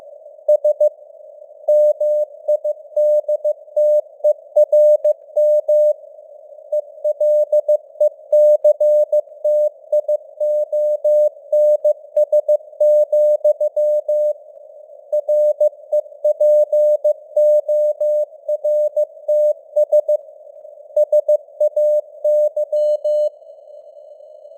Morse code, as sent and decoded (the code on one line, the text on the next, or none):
... / -- .. -.. - . .-. -- / . .-.. . -.-. - .. --- -. ... --..-- / .-. . .--. --- .-. - ... / ... .- -.--
S MIDTERM ELECTIONS, REPORTS SAY